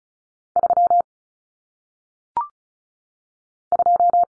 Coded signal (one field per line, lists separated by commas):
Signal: Morse code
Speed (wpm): 36 wpm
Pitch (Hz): 700 Hz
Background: none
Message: 3 2